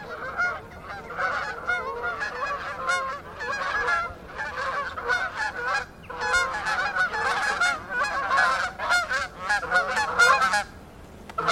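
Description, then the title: Goose: geese honking excitedly, loud clustered bursts of harsh nasal calls, a brief lull near six seconds, then renewed intense honking. Geese in gaggles in fields and flooded meadows by the River Thame, England, UK, morning of 23 September 2023, excited by water across the meadows. "Gaggles of geese, River Thame, England, UK on 23rd September 2023"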